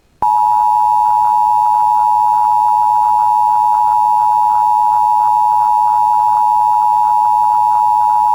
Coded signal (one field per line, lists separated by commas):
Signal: Emergency Alert System (SAME) tones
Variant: 853 and 960 Hz attention tone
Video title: [EAS Compilation] 2024 Minnesota Statewide Tornado Drill (Evening Drill)